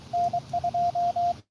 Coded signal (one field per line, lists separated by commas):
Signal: Morse code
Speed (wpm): 21 wpm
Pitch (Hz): 690 Hz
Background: radio noise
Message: N2